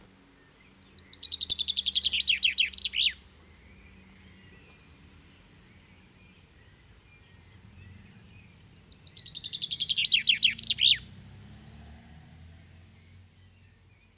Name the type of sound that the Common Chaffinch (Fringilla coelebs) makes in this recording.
song